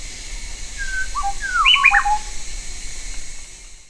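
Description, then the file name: Bird call: a quick run of clear whistled notes, some sweeping down and some jumping up, packed into little more than a second, over a constant high-pitched hum. "SABIOD 50 bird 2015"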